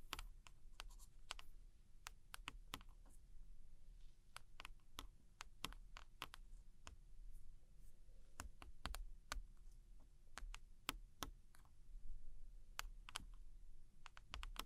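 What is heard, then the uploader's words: Gentle tapping on old postcards, sharp dry clicks landing irregularly every half second or so over a soft, steady low rumble. Tracing And Gentle Scratchy Tapping On Old Postcards.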